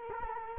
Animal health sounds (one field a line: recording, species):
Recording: mosquito wingbeat signal from an infrared sensor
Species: Culex quinquefasciatus